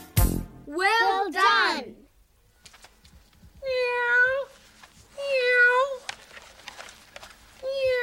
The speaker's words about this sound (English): that cat... Meow. That cat sure talks a lot. Meow.